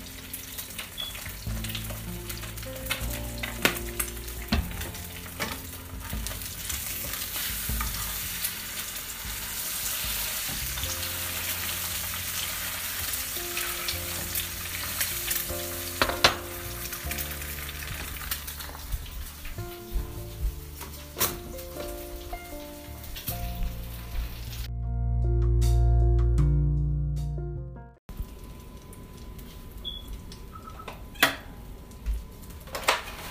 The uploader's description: I make a egg sandwich and a cup of tea